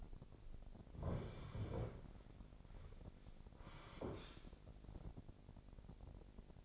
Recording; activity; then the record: daily activity, microphone in the room; sit down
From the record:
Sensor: 5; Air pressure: 1009.4 hPa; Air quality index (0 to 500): 155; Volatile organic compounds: 2 ppm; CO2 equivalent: 1196 ppm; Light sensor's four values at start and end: 283/675/289/317 and 283/675/289/317